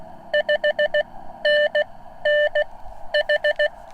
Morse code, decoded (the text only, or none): 5NN H